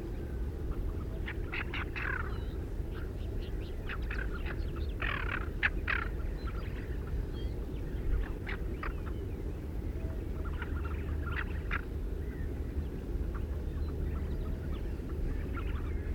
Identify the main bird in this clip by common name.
Tufted Duck